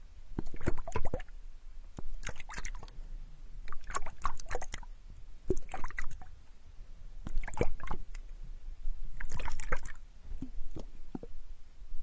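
Wet, squishy crackles and drips from water during an ear-picking spa treatment come in short clustered bursts about every one to two seconds, with brief quieter gaps between them. A soft, steady low rumble runs underneath throughout.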